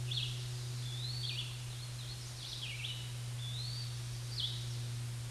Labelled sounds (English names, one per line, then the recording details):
Red-eyed Vireo song
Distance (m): 35 m
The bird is about 15 m above the microphone
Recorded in a Pennsylvania forest on 16 May 2024 at 07:56
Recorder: AudioMoth, point MSD-2146
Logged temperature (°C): 16.7 °C
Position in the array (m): 149 m, 27 m